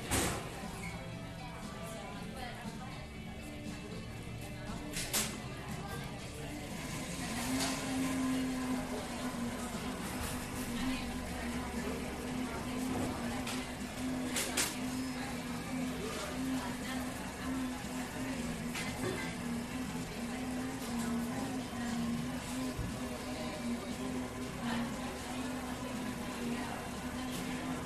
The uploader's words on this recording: This episode of the White Noise Podcast is A COFFEE SHOP.